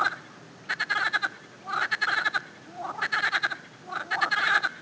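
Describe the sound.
Frogs give four separate bursts of pulsed, chuckling croaks, spaced about a second apart.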